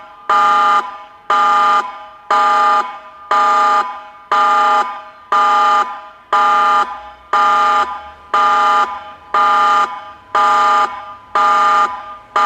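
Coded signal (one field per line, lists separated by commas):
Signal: siren signal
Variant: Meerkat 4 electronic siren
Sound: loud electronic siren tone pulsing on and off about once per second, 12 pulses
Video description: Part 2 of 3 with the signal "TSUNAMI ALERT". Signal: Pulsating continuous tone Duration: 105 sec. Meaning: Danger of a tsunami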